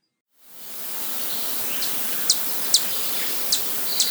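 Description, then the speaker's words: Broad-tailed Hummingbird calls: a few sharp, very high chips over steady hiss. Calls used to communicate with each other. "The second sound they make is the calls that they use to communicate to each other."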